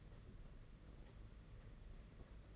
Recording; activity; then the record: daily activity, microphone in the room; take from stove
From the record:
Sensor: 4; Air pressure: 992.8 hPa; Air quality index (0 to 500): 175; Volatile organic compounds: 327 ppm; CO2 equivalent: 4538 ppm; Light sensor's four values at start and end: 4/11/4/5 and 4/11/4/5